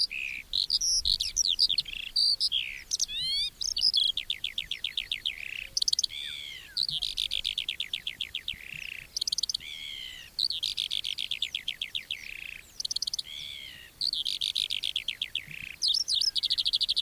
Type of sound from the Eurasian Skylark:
song